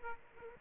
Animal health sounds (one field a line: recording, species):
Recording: mosquito wingbeat signal from an infrared sensor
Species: Aedes aegypti